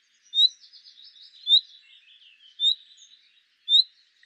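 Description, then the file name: Common nightingale giving loud, sharp whistled notes about once a second, linked by soft, quieter warbling between them. "Luscinia megarhynchos"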